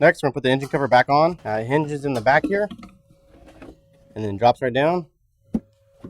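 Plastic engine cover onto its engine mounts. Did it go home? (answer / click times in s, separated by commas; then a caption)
yes / 5.6 s. Someone talks while a plastic engine cover on a 2007-08 GM Silverado/Sierra or SUV (4.8L, 5.3L, 6.0L or 6.2L engine) is hinged in at the back, lowered and pressed down onto its engine mounts during a Delta Force Cold Air Intake 615119 install. A short sharp snap at 5.6 s marks the cover seating back on its mounts.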